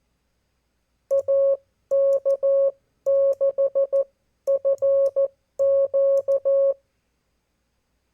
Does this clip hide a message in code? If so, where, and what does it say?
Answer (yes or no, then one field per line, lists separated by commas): yes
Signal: Morse code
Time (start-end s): 1.1-6.7 s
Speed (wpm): 14 wpm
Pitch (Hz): 550 Hz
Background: none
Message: AK6FQ